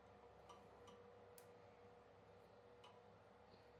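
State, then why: Not seated. A wall-hung ceramic toilet is being fitted to its wall frame, with the mounting fixing being tightened onto the frame bolt. Faint ticks and small handling sounds are heard over a steady hum, with the sharpest tick at about 1.4 s. The side lock has not yet engaged and nothing has clicked or seated yet.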